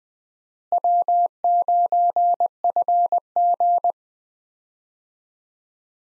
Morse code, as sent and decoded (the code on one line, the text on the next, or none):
.-- ----. ..-. --.
W9FG